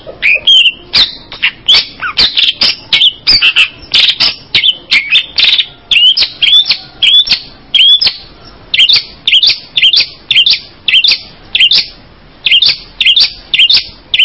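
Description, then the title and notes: Bird singing, a long run of high bright chirped phrases repeated rapidly and steadily. "Kicau Burung"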